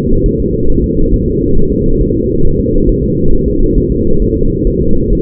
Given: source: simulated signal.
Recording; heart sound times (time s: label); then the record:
fetal heart sounds
0.26 s: S1
0.40 s: S2
0.70 s: S1
0.84 s: S2
1.14 s: S1
1.28 s: S2
1.57 s: S1
1.72 s: S2
2.01 s: S1
2.16 s: S2
2.45 s: S1
2.60 s: S2
2.89 s: S1
3.04 s: S2
3.33 s: S1
3.48 s: S2
3.78 s: S1
3.92 s: S2
4.22 s: S1
4.37 s: S2
4.67 s: S1
4.82 s: S2
5.13 s: S1
From the record:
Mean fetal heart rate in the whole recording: 135 bpm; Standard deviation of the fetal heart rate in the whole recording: 3 bpm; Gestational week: 36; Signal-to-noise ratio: -19.1 dB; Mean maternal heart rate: 72 bpm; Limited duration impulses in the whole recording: present